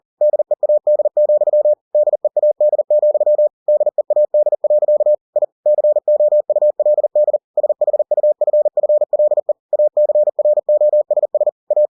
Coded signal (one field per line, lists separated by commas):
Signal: Morse code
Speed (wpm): 40 wpm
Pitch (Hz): 600 Hz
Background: none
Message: DEAD, DEAD, DEAD. I COULD SHUFFLE ACROSS A